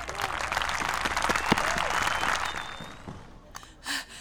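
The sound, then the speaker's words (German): A crowd bursts into dense, steady applause for a king opening the annual festivities with a speech, many hands clapping at once for about three seconds before it thins out and fades, with a brief murmur of voices at the end. “Also, einen kräftigen Applaus für unseren König!”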